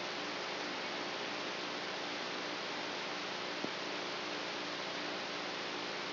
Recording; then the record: brain microelectrode recording played as sound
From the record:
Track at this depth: outside the subthalamic nucleus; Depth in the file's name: 0.089 mm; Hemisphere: right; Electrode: 3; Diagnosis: Parkinson's disease